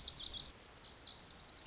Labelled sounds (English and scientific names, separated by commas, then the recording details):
Lazuli Bunting (Passerina amoena)
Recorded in Sonoma County, California